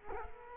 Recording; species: mosquito wingbeat signal from an infrared sensor; Culex quinquefasciatus